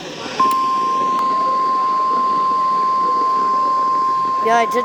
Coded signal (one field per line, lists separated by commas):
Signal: Emergency Alert System (SAME) tones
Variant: 1050 Hz attention tone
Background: speech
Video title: nws mpx rwt eas 727